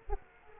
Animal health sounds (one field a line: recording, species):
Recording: mosquito wingbeat signal from an infrared sensor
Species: Culex quinquefasciatus